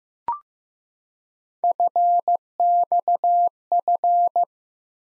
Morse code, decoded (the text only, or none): FXF